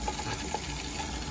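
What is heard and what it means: The control valve selector lever on an Aquasure whole-house carbon filter head is moved from the backwash position toward fast rinse. A steady low rumble fills the clip, with a few faint, light handling ticks. The lever has not yet clicked into its detent, and nothing has seated.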